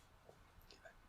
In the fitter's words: locks in place with a little pin.